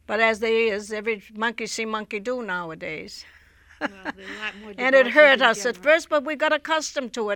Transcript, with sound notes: But as they, as every, monkey see, monkey do nowadays. (she laughs)
Well, there are a lot more divorces...
And it hurt us at first, but we got accustomed to it.